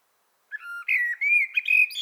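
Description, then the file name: Common blackbird song phrase, a mellow, wavering whistle that rises and falls, followed by a short, thin, higher twittering ending. "Turdus merula"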